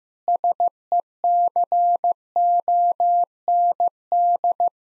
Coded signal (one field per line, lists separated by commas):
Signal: Morse code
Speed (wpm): 16 wpm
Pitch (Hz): 700 Hz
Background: none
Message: SECOND